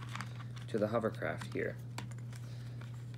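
A plastic ducted fan unit is handled near its socket on the body of a Blade Inductrix Switch toy hovercraft while someone talks, with a few faint plastic taps and clicks in the background. The fan unit has not yet clicked into its socket; nothing has seated.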